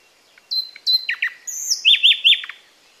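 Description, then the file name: Common nightingale song: a few clear high whistles, then a sliding whistled note and a quick run of three sharp, rapidly repeated chirps, all crisp in a quiet setting. "Luscinia megarhynchos"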